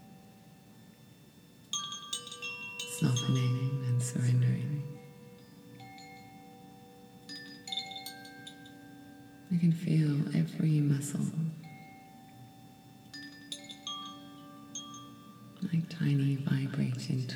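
Crystal and Tibetan bowls ring in long, steady tones that hang and overlap through the whole piece. About every six or seven seconds, near 2, 9 and 16 seconds, a fuller swell arrives with a deep, wavering hum under bright shimmering overtones, then settles back.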